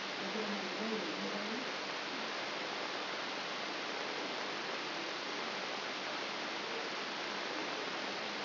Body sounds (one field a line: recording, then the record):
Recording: brain microelectrode recording played as sound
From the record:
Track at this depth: inside the subthalamic nucleus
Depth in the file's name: 4.502 mm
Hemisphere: left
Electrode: 3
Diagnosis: Parkinson's disease